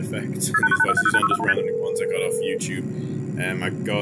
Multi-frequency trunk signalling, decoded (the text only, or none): KP2906ST